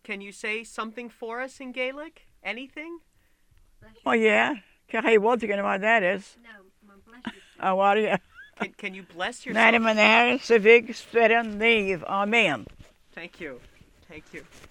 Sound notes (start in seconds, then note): 6.4 voice off mike; 7.2 she laughs